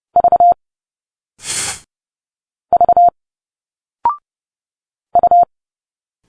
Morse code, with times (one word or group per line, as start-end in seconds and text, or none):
0.2-0.5 V
2.7-3.1 V
5.2-5.4 U